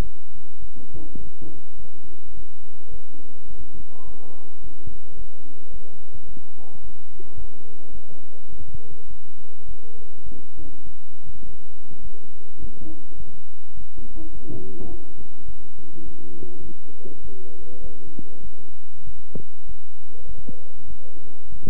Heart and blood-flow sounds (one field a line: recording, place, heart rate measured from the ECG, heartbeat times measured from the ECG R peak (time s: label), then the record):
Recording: heart sounds by stethoscope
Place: between the tricuspid and mitral areas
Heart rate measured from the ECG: 103 bpm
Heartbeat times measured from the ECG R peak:
0.02 s: heartbeat
0.60 s: heartbeat
1.19 s: heartbeat
1.77 s: heartbeat
2.35 s: heartbeat
2.91 s: heartbeat
3.48 s: heartbeat
4.05 s: heartbeat
4.62 s: heartbeat
5.17 s: heartbeat
5.72 s: heartbeat
6.27 s: heartbeat
6.82 s: heartbeat
7.37 s: heartbeat
7.93 s: heartbeat
8.50 s: heartbeat
9.08 s: heartbeat
9.66 s: heartbeat
10.24 s: heartbeat
10.85 s: heartbeat
11.45 s: heartbeat
12.02 s: heartbeat
12.60 s: heartbeat
13.18 s: heartbeat
13.75 s: heartbeat
14.33 s: heartbeat
14.90 s: heartbeat
15.46 s: heartbeat
16.04 s: heartbeat
16.63 s: heartbeat
17.22 s: heartbeat
17.82 s: heartbeat
18.43 s: heartbeat
19.05 s: heartbeat
19.67 s: heartbeat
20.27 s: heartbeat
20.88 s: heartbeat
21.50 s: heartbeat
From the record:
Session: bicycle stress test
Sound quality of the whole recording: good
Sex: male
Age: 23 years